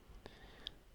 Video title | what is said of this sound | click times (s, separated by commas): TUTO ECRAN PIVOTANT 2 AXES TESLA MODEL 3 & Y | la pièce qui maintient le connecteur en place, bien jusqu'au clic également. | 0.7 s